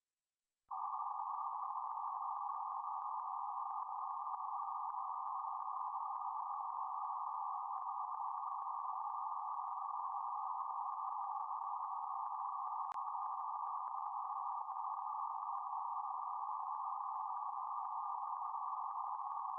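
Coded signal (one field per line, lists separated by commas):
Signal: PSK31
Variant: BPSK31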